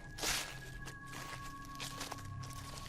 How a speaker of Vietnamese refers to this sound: Tiếng bước chân của bác cổ đi. Ấy nhưng lạo xạo, ở đằng sau lưng dường như có tiếng bước chân khác đang đi theo mình vậy.